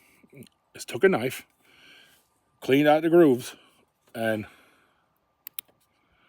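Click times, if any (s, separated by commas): 5.5 s, 5.6 s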